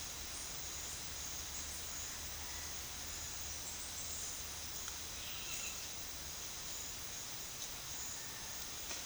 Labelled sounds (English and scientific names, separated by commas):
none